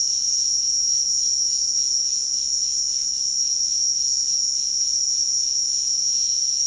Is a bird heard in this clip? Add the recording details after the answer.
no. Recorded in dense forest near Puerto Asís, Putumayo, Colombia, on 21 February 2024 at 17:00. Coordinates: 0.499, -76.324. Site G6469